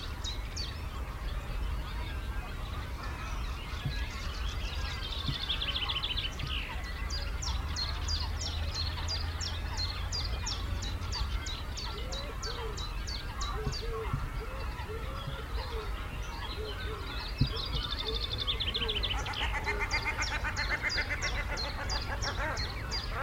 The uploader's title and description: Castle Water hide. A good selection of species behind the constant background of squeaking of cormorant chicks and a foreground chiffchaff